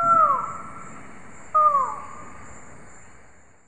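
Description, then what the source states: Buckley's forest falcon: two short, downward-sliding calls about one and a half seconds apart, each fading quickly, over a constant high-pitched hiss. South America, eastern lowlands.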